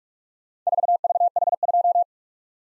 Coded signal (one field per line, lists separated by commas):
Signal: Morse code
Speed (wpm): 43 wpm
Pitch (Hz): 700 Hz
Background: none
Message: 4VH2